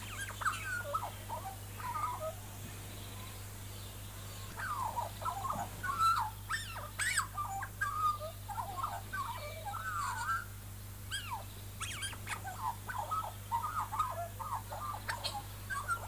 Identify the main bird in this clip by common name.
Australian Magpie